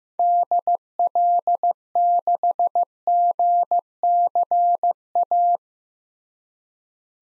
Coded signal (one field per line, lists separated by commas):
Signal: Morse code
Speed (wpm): 15 wpm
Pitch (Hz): 700 Hz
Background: none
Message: DL6GCA